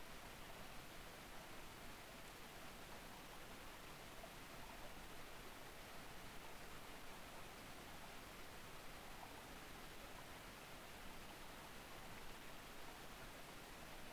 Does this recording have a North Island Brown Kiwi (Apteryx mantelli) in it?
no